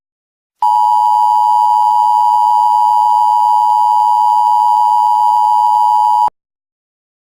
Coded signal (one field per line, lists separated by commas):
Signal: Emergency Alert System (SAME) tones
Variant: 853 and 960 Hz attention tone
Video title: EAS San Francisco